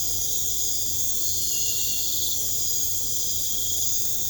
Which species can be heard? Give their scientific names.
none